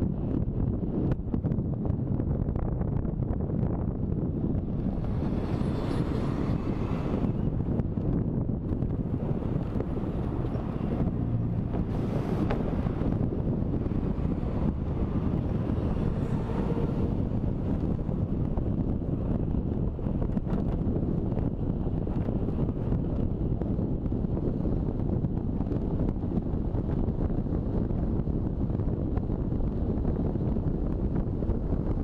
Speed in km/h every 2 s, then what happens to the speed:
20, 21, 21, 23, 24, 26, 25, 27, 27, 28, 32, 31, 35, 35, 35, 37.
0-32 speeds up to 37.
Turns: none.